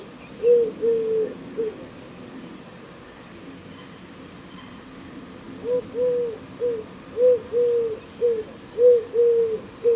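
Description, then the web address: Bird giving soft, low cooing phrases, a short burst near the start, then a steady run of repeated coos in the second half over faint background hiss. "Deverinetal 2025 File origin Bird Only"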